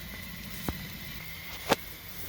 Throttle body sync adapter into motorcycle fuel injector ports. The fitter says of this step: So for this, it should pop into place.